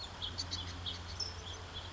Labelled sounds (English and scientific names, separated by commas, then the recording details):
California Towhee (Melozone crissalis)
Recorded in Sonoma County, California